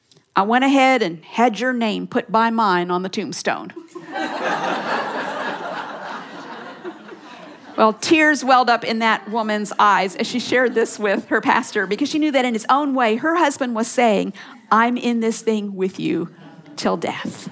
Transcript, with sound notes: I went ahead and had your name put by mine on the tombstone.’” (laughter) Tears welled up in that woman’s eyes as she shared this with her pastor, because she knew that—in his own way—her husband was saying, “I’m in this thing with you 'til death!”